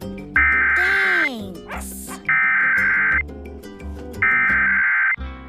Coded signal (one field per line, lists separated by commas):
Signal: Emergency Alert System (SAME) tones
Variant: header bursts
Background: speech